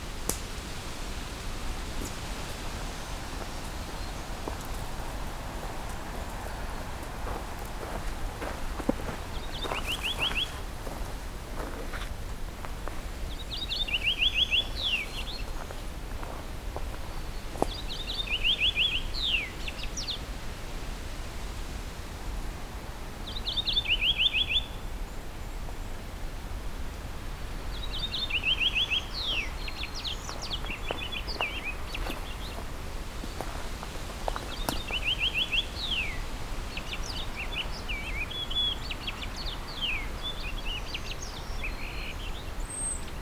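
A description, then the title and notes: Birds sing in a cedar swamp over a steady low rumble of background noise. Bright, rapid trilling phrases repeat every few seconds from about ten seconds on, with sharp clicks and taps scattered around the twelve-to-twenty second mark. Scouting Pine Tree Harbour, Part 2. I’m continuing the hike along the trail north of Pine Tree Harbour, about to come across a cedar swamp with a very different mix of bird species than I’ve been finding around this area.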